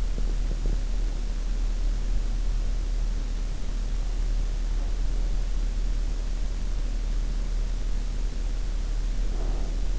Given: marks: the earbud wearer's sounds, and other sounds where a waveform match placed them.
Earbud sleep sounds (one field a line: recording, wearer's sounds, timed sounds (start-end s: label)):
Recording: sounds in sleep by an in-ear microphone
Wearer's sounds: teeth grinding, breath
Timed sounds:
0.00-0.91 s: teeth grinding
8.85-9.91 s: breath